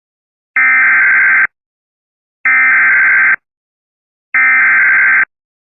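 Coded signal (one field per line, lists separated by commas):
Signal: Emergency Alert System (SAME) tones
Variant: header bursts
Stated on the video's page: Recreation of a Chicago severe thunderstorm warning alert with valid EAS tones.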